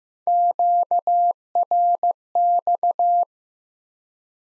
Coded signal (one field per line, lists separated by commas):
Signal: Morse code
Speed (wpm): 15 wpm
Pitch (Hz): 700 Hz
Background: none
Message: QRX